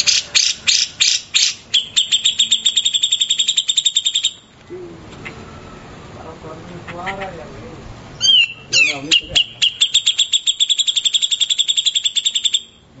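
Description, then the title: Grey-cheeked Bulbul delivering long bursts of rapid, dry chattering notes repeated several times a second, broken by a quieter gap with softer notes before the chatter resumes. "Cucak Jenggot"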